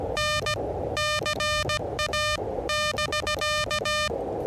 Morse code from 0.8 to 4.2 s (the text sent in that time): CA <BK>